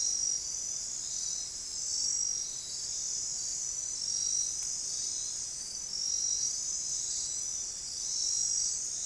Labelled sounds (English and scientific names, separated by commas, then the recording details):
none
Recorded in forest near Pivijay, Magdalena, Colombia, on 5 June 2023 at 02:30
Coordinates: 10.467, -74.380
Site Z5-G034